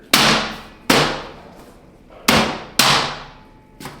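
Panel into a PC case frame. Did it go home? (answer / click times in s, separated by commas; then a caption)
yes / 0.1 s, 0.9 s, 2.3 s, 2.8 s. A panel is popped into place on a new Lian Li O11 Vision PC case frame and smacked on the rear to seat it. Four loud, sharp, hammer-like knocks land at 0.1, 0.9, 2.3 and 2.8 seconds, each ringing out briefly before the next. The panel is seated.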